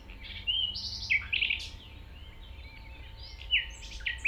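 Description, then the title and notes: Common nightingale song: an opening burst of loud whistled and chattering notes, a pause, then another sharp whistled phrase. 195 Rue de Vars, Chindrieux, France; recordist approaching on foot through tall grass; nightingale is deaf to outside noise while singing. "195 Rue de Vars, 73310 Chindrieux, France - approche d'un rossignol. Je marche dans les herbes hautes pour approcher un rossignol, quand il chante il est sourd aux bruits extérieurs"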